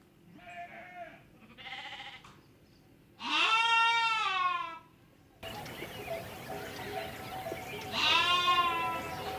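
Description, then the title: Sheep: lamb bleats: two short, nasal bleats, then two long, quavering, harmonic-rich bleats, with background noise. Lambs at a farmhouse (cortijo). "corderos y cortijo"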